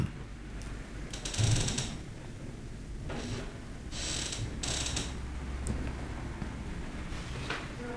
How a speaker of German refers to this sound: Ja, hört ihr es knarren? Das ist die Schwingtür.